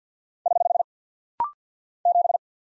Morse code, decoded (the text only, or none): <HH> 7